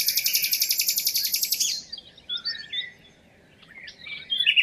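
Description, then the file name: Common nightingale delivering a fast loud pulsing trill, then quieter scattered chirps and short whistles, with a brief pause before a final sharp note. "Luscinia megarhynchos"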